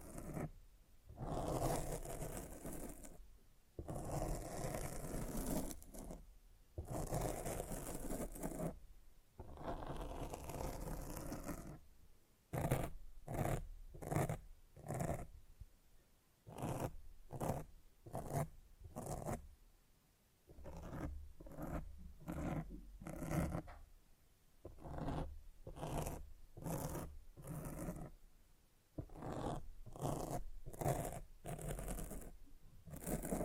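Mic scratching: rough, raspy scraping across the microphone, fuller and more continuous in the first twelve seconds. After that it breaks into quick, regular strokes separated by brief silences, roughly two per second, each a dense hiss with a low rumble beneath.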